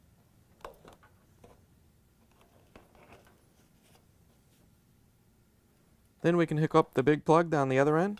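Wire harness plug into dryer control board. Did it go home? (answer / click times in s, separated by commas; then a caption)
no / none. Light handling ticks and rustles, sharpest near 0.7 s and 2.8 s, come from a large multi-pin wire harness plug being handled at the socket at the other end of a Duet dryer control board (part #WP8546219). Nothing has seated or clicked yet. From about 6.3 s, someone talks.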